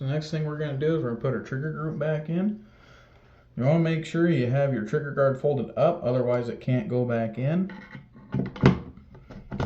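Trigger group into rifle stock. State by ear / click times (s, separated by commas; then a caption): seated / 8.7 s. Someone talks while refitting the trigger group into an M1 Garand rifle stock, with the trigger guard folded up because otherwise it can't go back in. A short series of sharp clicks and knocks follows, and the trigger group snaps into place at about 8.7 s, fully seated.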